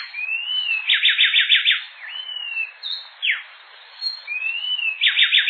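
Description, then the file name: Coraya wren song: long whistled notes that rise and fall alternate with rapid bursts of sharp, descending notes, phrases following each other quickly. "garrinchao coraia"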